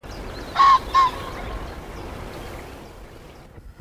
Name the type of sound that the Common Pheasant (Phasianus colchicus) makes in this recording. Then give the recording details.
call. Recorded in the wild. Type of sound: call. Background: Circus aeruginosus. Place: Mühlenbecker Land, OT Mönchmühle, Brandenburg, DE. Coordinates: 52.65, 13.3833. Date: 1988-04-30 17:10. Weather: sunny, 16-20°C. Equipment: Nagra SN, Kopie Tesla B 116. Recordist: Tembrock, Günter. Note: Im Gebiet der ehemaligen Ententeiche. Ruf. Daneben Rohrweihe